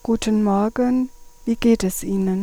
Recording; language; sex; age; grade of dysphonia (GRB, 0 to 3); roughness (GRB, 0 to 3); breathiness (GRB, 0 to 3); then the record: spoken sentence; German; female; 40 to 49 years; 2; 0; 2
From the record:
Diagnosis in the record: dysphonia, dysodia (singing voice disorder); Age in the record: 47 years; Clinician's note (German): Multifaktoriell